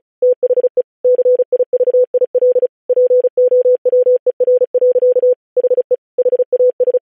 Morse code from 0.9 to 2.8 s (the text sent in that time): CIVIL